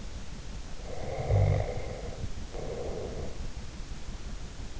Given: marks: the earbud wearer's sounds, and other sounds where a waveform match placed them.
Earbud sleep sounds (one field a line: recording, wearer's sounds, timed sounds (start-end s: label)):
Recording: sounds in sleep by an in-ear microphone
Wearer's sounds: snoring breath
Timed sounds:
0.89-3.49 s: snoring breath